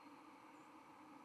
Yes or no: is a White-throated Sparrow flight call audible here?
yes